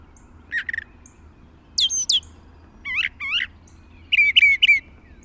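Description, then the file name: Brown thrasher song: a quick doubled note, two looping whistled slurs, a pair of lower curling notes, then a rapid trill-like cluster. "suara kicauan brown thrasher"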